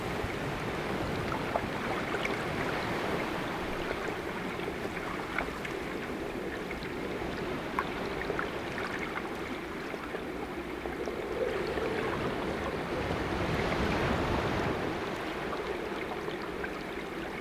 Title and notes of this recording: Underwater with grey seals in the Outer Hebrides. An underwater microphone captures grey seals swimming around the hull of the small boat while a full moon hangs in the still night.